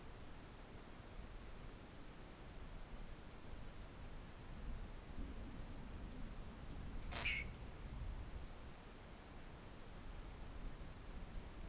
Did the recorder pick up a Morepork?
no